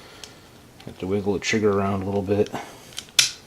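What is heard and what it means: Someone talks while wiggling an aftermarket Apex Tactical Specialties trigger assembly into a polymer Glock pistol frame (G19/G17), with small faint ticks along the way. A sharp metallic click at 3.2 s marks the trigger assembly dropping into place, fully seated.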